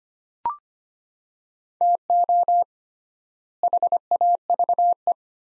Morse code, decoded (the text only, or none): TO HAVE